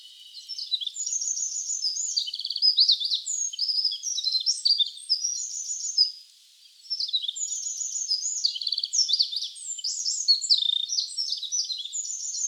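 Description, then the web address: Wren delivering two long, high-pitched songs of quick varied notes and rattling trills, separated by a short pause near the middle. Wild wren trilling in Hokkaido. "Google Sounds Sound Matters. Wren trills in wild hokkaido"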